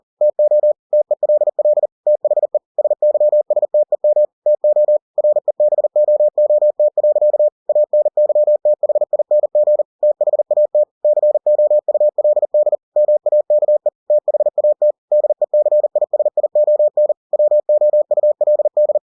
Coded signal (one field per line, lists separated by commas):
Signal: Morse code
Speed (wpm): 40 wpm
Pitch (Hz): 600 Hz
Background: none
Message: TO TELL THE SYSTEM TO REBOOT. ANYTHING THAT COULD MAKE THAT DECISION WOULD